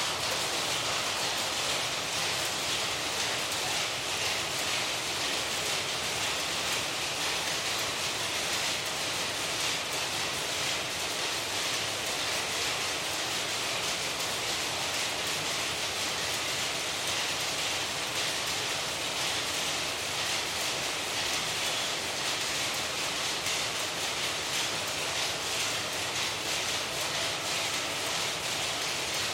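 Powerlooms run in a dense, unbroken mechanical clatter that stays loud and steady for the whole recording. The sound is bright and hissing, with fast, regular rhythmic ticking woven through a constant roar. There are no pauses or other sounds standing out.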